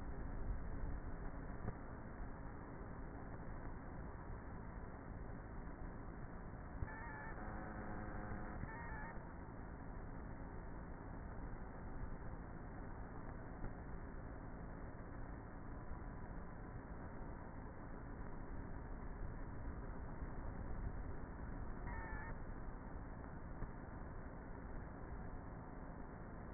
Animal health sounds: honeybee colony, microphone inside the hive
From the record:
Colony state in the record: queenless with a low population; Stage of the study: before two queens were removed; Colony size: about 30,000 bees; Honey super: no

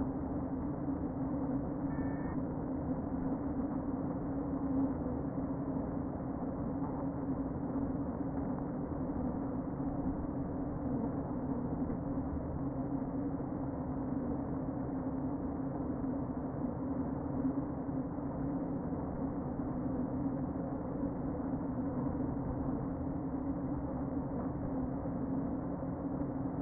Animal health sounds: honeybee colony, microphone inside the hive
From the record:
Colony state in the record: queen present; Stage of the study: before two queens were removed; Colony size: about 60,000 bees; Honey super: yes

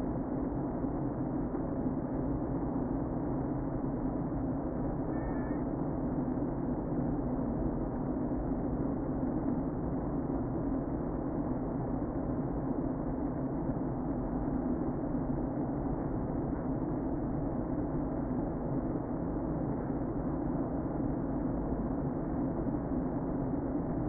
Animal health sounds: honeybee colony, microphone inside the hive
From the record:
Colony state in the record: queen present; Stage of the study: before two queens were removed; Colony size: about 60,000 bees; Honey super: yes

